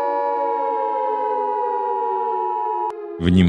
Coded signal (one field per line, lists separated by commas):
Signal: Emergency Alert System (SAME) tones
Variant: 853 and 960 Hz attention tone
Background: speech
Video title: EAS Scenario #40: Bunnyman Rampage: Gilead Insurgency